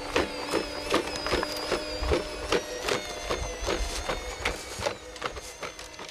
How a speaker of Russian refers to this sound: Откуда-то доносится громкое жужжание. За деревьями показалась большая собака. Она бежит с горки по снегу в нашу сторону. Вместе с ней приближается и звук.